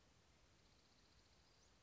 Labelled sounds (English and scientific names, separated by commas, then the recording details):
Western Flycatcher (Empidonax difficilis)
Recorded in Sonoma County, California